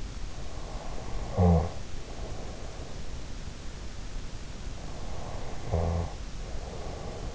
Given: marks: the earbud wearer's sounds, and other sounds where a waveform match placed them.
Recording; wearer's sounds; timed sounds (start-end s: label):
sounds in sleep by an in-ear microphone; snoring breath
0.86-3.25 s: snoring breath
4.90-7.35 s: snoring breath